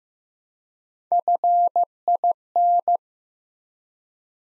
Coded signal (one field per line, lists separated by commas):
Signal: Morse code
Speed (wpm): 15 wpm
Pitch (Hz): 700 Hz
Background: none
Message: FIN